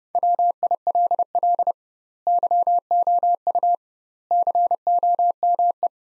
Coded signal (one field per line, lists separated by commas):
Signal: Morse code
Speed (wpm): 30 wpm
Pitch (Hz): 700 Hz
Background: none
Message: WILL YOU COME